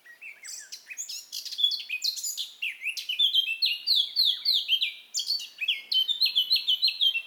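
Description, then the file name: Eurasian blackcap song: a fast, jumbled, high-pitched warble that builds into clearer, repeated descending fluty notes toward the end. "Sylvia atricapilla"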